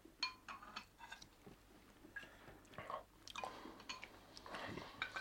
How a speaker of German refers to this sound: du sollst langsam essen. Wisch dir den Mund ab.